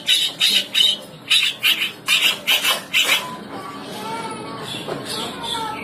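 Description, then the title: Oriental reed warbler song: harsh grating notes in short quick groups, then softer, lower chatter. Masteran bird-training recording of a bird singing actively (gacor), described as melodious. "Masteran Suara Merdu Burung Kerak Basi Besar Gacor"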